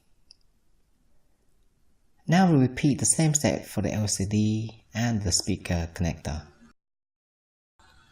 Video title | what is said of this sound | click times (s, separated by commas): iphone 5s replacement lcd screen | you should hear it click now | 0.3 s